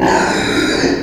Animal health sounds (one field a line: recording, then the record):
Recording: squeal of a Yucatan mini pig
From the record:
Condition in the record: before surgery on the right vocal fold (resection and tissue-engineered implant)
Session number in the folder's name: 1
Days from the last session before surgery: -21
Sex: female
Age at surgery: 19 weeks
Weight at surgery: 25 kg